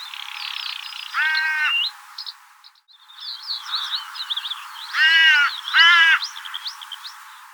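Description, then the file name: Carrion crow calling with harsh caws, one early then a pair near the end, while small birds twitter and chirp in the background. "Corvus corone"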